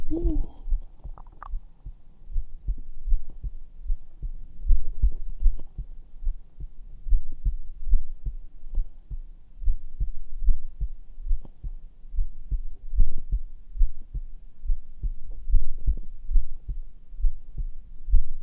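Normal adult heart sounds, heard directly on bare skin of the chest through a black 3Dio binaural microphone: a steady series of low, soft thumps with nothing above the low frequencies.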